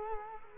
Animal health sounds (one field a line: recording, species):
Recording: mosquito wingbeat signal from an infrared sensor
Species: Culex quinquefasciatus